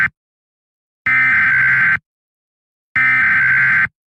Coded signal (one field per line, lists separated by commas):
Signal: Emergency Alert System (SAME) tones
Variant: header bursts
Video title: A EAS During Peep & The Big Wide World